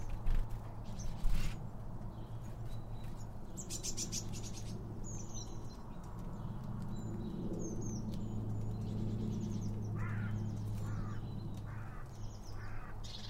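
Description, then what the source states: Bird: high chirps and thin descending whistles, with a few louder knocks early on and a low steady hum throughout. Birds around a bird feeder, recorded with two Line Audio OM 1 microphones.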